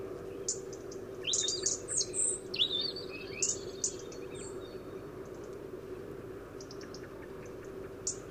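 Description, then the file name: European robin giving high thin notes and a brief warbled burst near the start, then scattered faint ticks over a constant low background hum. "Erithacus rubecula"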